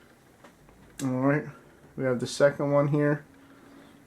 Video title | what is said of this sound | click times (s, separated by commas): Make Mac Mini Faster! Ram/Memory Upgrade | once it clicks in just go ahead and push that down | 0.5 s, 0.7 s